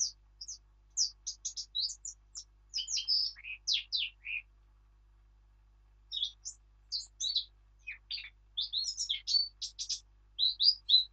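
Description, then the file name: Eurasian blackcap song: quick, varied high warbling in two bursts, the first ending after about four and a half seconds, a pause of about one and a half seconds, then a second rich chattering run. "Sylvia atricapilla"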